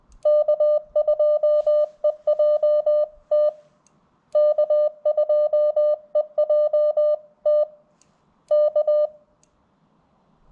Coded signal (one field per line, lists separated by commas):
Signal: Morse code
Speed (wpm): 18 wpm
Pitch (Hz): 600 Hz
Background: none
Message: K2EJT K2EJT K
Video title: Wait....WHAT key? CW POTA at K-2032